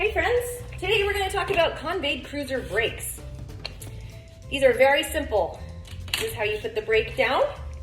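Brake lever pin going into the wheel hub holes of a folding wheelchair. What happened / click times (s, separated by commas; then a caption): The brake lever is being handled but has not yet clicked into lock / none. Someone talks over background music while handling the brake lever on the side of a Convaid Cruiser stroller-style folding wheelchair, about to push it down to engage its pin-lock brake, whose pin goes into the wheel hub holes. A couple of brief sharp taps are heard around 3.7 s and 3.8 s, but nothing has seated or clicked into lock yet.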